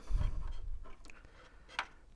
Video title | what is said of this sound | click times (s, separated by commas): Adding Composite Video To My CoCo 2 With The Universal Video Driver | Et puis le clip est au sol, qui se clipse dessus. | 1.8 s